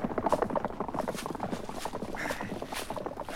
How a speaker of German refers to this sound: Macht schon, dass ihr wegkommt! Los! Weg, ihr Pferde! Los!